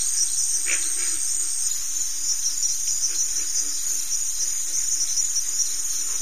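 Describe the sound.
Cricket chorus, a dense continuous high-pitched trill that holds steady throughout.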